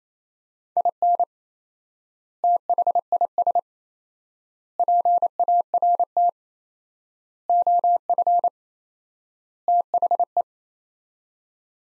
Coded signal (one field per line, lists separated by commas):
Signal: Morse code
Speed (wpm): 28 wpm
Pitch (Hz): 700 Hz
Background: none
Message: IN THIS PART OF THE